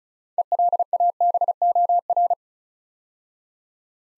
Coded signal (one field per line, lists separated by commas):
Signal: Morse code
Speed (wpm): 36 wpm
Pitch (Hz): 700 Hz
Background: none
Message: ELABOR